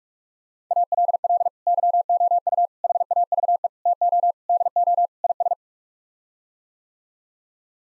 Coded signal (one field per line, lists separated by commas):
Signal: Morse code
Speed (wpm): 45 wpm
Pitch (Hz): 700 Hz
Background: none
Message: ALL YOU HAVE TO DO IS